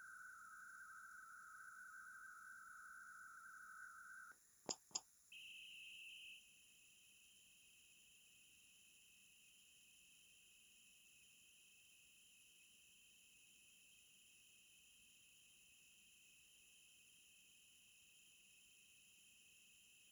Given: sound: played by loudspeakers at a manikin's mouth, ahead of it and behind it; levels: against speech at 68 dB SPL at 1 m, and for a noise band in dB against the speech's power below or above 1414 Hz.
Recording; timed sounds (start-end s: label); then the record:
test signals for a remote microphone
0.00-4.31 s: noise band at 1414 Hz, as loud as that band is in speech
4.69 s: click
4.94 s: click
5.31-20.12 s: noise band at 2828 Hz, as loud as that band is in speech
From the record:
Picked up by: remote microphone A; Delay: 47 ms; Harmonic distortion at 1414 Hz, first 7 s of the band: under -37 dB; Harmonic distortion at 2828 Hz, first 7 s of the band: under -16 dB (system noise only)